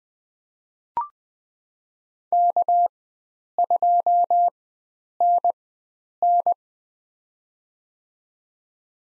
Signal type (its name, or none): Morse code